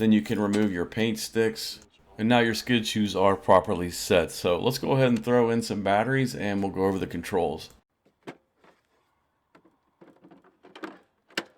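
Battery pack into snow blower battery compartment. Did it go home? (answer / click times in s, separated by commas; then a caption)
yes / 11.4 s. Someone talks for about the first eight seconds, followed by quiet handling knocks as a lithium battery pack is inserted into the battery compartment of an EGO 24-in 2-stage cordless snow blower. The pack is pushed down and snaps into place with a sharp, loud click at 11.4 s, latching it in.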